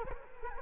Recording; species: mosquito wingbeat signal from an infrared sensor; Culex quinquefasciatus